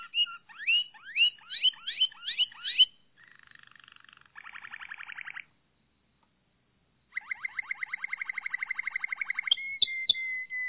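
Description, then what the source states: Canary singing choppy rising notes, short buzzy rolls, a brief silence, then a fast even trill that ends in a steady pure whistle. Malinois (Waterslager) breed canary, song.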